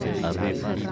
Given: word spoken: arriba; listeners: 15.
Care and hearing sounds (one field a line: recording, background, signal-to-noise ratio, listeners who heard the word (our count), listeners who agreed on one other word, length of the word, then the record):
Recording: one Spanish word in noise, from a listening test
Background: eight-talker babble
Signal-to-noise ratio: -0.9 dB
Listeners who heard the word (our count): 0 of 15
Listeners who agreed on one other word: 8 of 15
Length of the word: 0.53 s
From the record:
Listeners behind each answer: 8, 1, 1, 1, 1, 1, 1, 1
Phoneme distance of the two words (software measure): 34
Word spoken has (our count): 3 syllables, 5 phonemes, stress on syllable 2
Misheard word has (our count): 2 syllables, 5 phonemes, stress on syllable 2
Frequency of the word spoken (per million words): 92.32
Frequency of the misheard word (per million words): 57.52